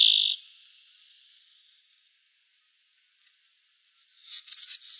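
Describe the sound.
White-crowned sparrow song, a low whistled note ending one phrase, a long pause, then a high whistle and quick trilling notes beginning the next.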